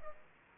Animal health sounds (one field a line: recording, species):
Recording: mosquito wingbeat signal from an infrared sensor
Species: Aedes aegypti